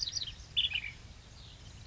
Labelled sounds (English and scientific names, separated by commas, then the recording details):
Ash-throated Flycatcher (Myiarchus cinerascens)
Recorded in Sonoma County, California